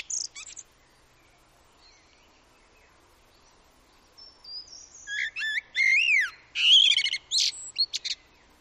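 Common blackbird song: a brief high note, a long pause, then a phrase of rich whistled notes sliding up and down, ending in strained squeaky flourishes.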